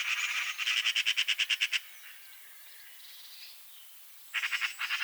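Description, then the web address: Eurasian magpie giving a rapid rattling chatter of harsh repeated notes, a pause, then another short chattering burst. "SETE Pica pica"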